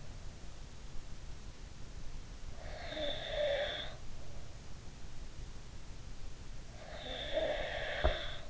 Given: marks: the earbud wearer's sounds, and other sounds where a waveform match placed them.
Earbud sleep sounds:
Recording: sounds in sleep by an in-ear microphone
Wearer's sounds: snoring breath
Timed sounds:
2.56-4.04 s: snoring breath
6.76-8.50 s: snoring breath

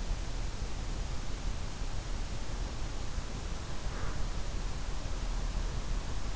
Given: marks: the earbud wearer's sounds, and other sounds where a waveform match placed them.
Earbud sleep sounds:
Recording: sounds in sleep by an in-ear microphone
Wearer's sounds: breath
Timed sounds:
3.70-4.68 s: breath

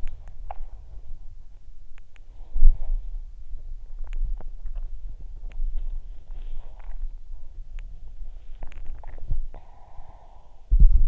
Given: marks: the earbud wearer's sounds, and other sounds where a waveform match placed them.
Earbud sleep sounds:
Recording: sounds in sleep by an in-ear microphone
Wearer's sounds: teeth grinding, body movement, breath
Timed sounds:
0.00-0.75 s: teeth grinding
1.98-3.79 s: sound from someone else or the room
4.01-5.95 s: teeth grinding
5.13-9.36 s: body movement
9.49-10.80 s: breath
10.63-11.08 s: body movement

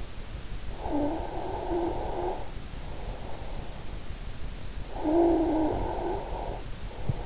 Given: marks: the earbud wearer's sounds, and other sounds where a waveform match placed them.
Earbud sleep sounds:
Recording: sounds in sleep by an in-ear microphone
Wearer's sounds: snoring breath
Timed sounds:
0.78-3.51 s: snoring breath
4.86-7.26 s: snoring breath

